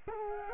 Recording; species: mosquito wingbeat signal from an infrared sensor; Culex quinquefasciatus